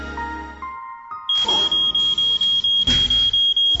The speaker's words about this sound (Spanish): Son las 6 de la mañana y de un manotazo apagas el despertador, cuyo sonidito irritante y en aumento te impide seguir en la plácidez del sueño.